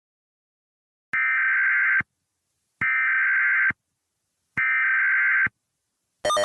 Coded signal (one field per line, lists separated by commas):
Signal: Emergency Alert System (SAME) tones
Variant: header bursts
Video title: EAS Scenario: Smoking Mountain (Part I)